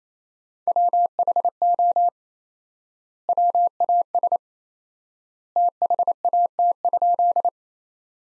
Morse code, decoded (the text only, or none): WHO WAS THAT?